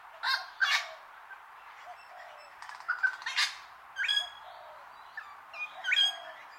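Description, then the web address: Wattlebird calls: harsh squawks alternate with short ringing, whistle-like notes spread throughout at irregular intervals. Long call. "Sound Effects-Foundation 1 BIRD WATTLE BIRD CALL LONG"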